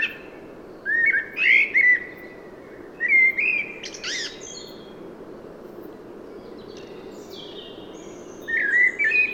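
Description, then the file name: Common blackbird song: three separate phrases of rich whistles with high scratchy twitters, spaced by quiet pauses. "Turdus merula"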